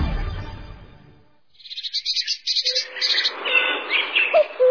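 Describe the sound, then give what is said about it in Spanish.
Birds chirp and sing in quick, high-pitched bursts, a rapid series of bright notes joined by other overlapping calls, following a brief low rumbling that fades out at the start. “Los sonidos de las aves.”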